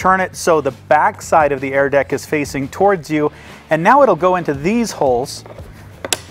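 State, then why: Seated. Someone talks while an air deck accessory tray, turned with its back side facing the user, is pushed into the holes at the top of a ladder. A sharp double click comes at 6.1 s and 6.1 s as the tray snaps into the holes and seats.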